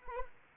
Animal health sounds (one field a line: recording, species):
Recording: mosquito wingbeat signal from an infrared sensor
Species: Anopheles arabiensis